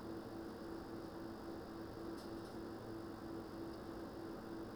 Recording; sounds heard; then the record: poultry house recording; no chicken sound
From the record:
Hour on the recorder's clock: 21